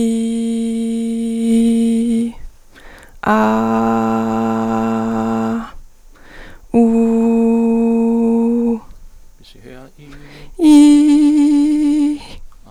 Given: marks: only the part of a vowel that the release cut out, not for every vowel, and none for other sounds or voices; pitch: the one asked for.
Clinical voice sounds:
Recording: sustained vowels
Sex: female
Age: 20 to 29 years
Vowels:
0.00-2.00 s: vowel /i/, normal pitch
3.46-5.45 s: vowel /a/, normal pitch
6.81-8.59 s: vowel /u/, normal pitch
10.85-12.05 s: vowel /i/, high pitch
From the record:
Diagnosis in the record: healthy voice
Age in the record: 23 years

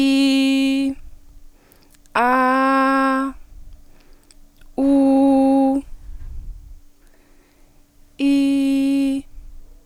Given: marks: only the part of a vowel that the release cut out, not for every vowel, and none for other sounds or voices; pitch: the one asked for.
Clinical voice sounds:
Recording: sustained vowels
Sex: female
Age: 18 to 19 years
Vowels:
0.00-0.84 s: vowel /i/, normal pitch
2.21-3.21 s: vowel /a/, normal pitch
8.25-9.14 s: vowel /i/, high pitch
From the record:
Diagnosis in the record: healthy voice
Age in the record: 19 years

